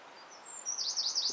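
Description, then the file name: Eurasian wren giving a short burst of high, rapid, rattling notes after a thin whistle, against light background noise. "Troglodytes troglodytes"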